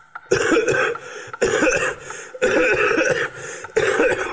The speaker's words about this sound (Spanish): —Nitro —afirmé—. ¿Cuánto tiempo hace que tenéis esta tos?